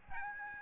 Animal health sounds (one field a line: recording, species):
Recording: mosquito wingbeat signal from an infrared sensor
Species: Aedes albopictus